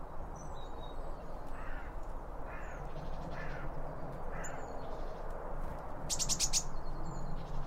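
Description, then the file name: Birds giving four harsh, croaking calls in a row, then a quick burst of sharp clicks, with scattered thin high chirps over constant low background noise. Birds around a bird feeder, recorded with two Line Audio OM 1 microphones. "Birds Around Birdfeeding With Two Om 1 From Line Audio"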